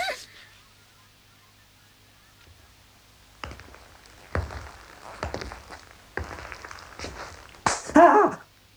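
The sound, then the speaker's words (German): A man runs after being hit by a stone, his footsteps thudding across the ground after a quiet pause, a steady series of dull, heavy impacts that ends in a louder, scuffling burst. “Herr Müller hüpft, schlägt mit der Hand nach dem Stein und fängt an zu rennen.”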